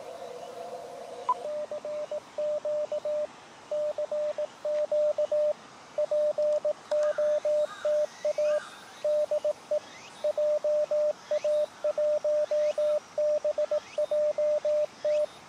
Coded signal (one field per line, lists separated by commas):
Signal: Morse code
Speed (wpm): 18 wpm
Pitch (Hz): 600 Hz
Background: radio noise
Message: CQ CQ POTA DE JA1BJT